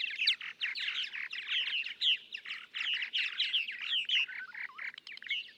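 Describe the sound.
Purple martin chatter: busy, overlapping gurgles and warbled chirps running on almost without pause.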